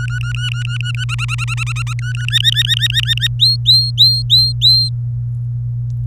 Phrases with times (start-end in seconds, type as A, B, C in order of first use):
0.00-1.04 A, 1.09-1.93 B, 1.99-2.26 A, 2.28-3.27 C, 3.40-4.89 D